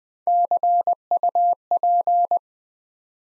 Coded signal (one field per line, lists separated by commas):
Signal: Morse code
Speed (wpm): 20 wpm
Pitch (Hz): 700 Hz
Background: none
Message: CUP